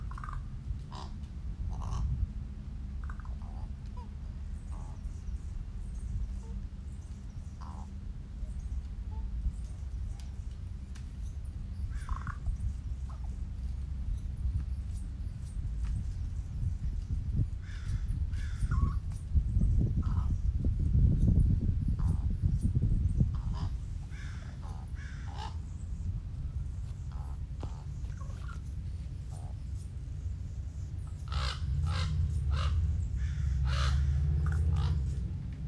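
Crows call back and forth in short, scattered caws, some single and some in quick clusters, spread across the whole stretch. Beneath them runs a steady low rumble that swells around the twenty-second mark and again near the end.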